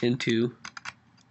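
Someone talks briefly while handling a male XLR cable plug at the XLR input of a camera audio adapter box. A few short, sharp handling taps follow around 0.6–0.9 s, then a faint tick near 1.2 s. The plug has not clicked or seated yet.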